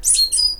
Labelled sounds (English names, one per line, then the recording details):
Stitchbird song
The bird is a male
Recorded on Tiritiri Matangi Island, New Zealand, in 2005
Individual 17, of nest box 25